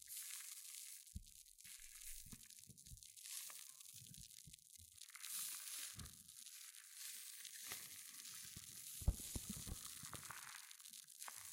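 Hair mousse fizzes and crackles in a dense, steady hiss of tiny pops concentrated in the high range. Soft low thumps and rustles break through irregularly throughout, with a sharper tap near nine seconds.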